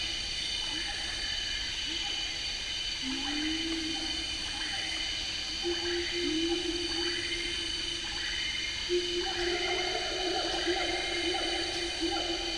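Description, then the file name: Siamang calls as drawn-out tonal hoots, some rising in sudden glides to higher whoops, repeated throughout over a steady high insect drone. Recorded at Merapoh on 4 March 2014 at 11:23 in the morning. "Siamang 11 h 23 m 27 s 04 mar 2014 merapoh am"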